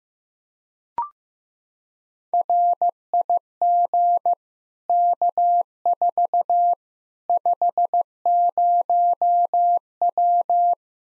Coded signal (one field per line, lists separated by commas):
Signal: Morse code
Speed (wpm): 15 wpm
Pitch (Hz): 700 Hz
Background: none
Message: RIG K4 50W